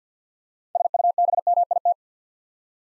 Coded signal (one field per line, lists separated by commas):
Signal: Morse code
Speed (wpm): 50 wpm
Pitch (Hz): 700 Hz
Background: none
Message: SUBMIT